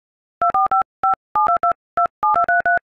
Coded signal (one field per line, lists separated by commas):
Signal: DTMF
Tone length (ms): 120 ms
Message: 245572227233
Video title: Pirates of the Caribbean theme song on iPhone keypad #shorts